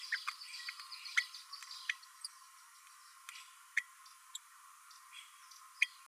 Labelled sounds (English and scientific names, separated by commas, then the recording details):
Green-rumped Parrotlet (Forpus passerinus) babbling
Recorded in a nest box in Venezuela
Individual 18B12A1